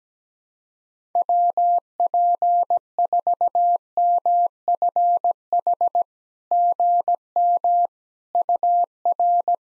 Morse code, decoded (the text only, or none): WP4MFH GM UR